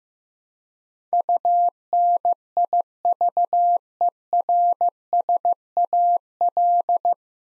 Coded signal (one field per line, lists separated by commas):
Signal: Morse code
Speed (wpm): 15 wpm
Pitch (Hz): 700 Hz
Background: none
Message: UNIVERSAL